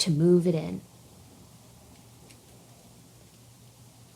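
Someone talks briefly for the first 0.8 seconds as a bobbin case is moved toward the hook of a heavy industrial straight stitch sewing machine and lined up before insertion. The rest is quiet handling with faint low noise, and nothing has seated or clicked yet.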